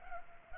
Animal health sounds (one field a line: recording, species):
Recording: mosquito wingbeat signal from an infrared sensor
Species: Culex pipiens